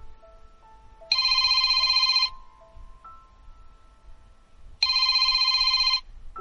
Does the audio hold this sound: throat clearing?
no